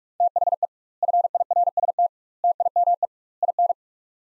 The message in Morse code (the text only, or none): THE FIRST TIME IN